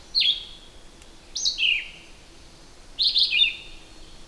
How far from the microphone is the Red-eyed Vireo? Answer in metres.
about 10 m